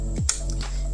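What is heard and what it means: The air brake panel on a 1/72 scale JC Wings diecast model of an Indian Air Force Sukhoi Su-30MKI in Tri Colour livery is popped open, its hydraulic piston drops down, and the panel is pressed closed into the fuselage. A sharp snap at 0.3 s marks the air brake seating, followed by two fainter taps near 0.5 s and 0.6 s over a steady low tonal hum. The locking system is known to take some fiddling.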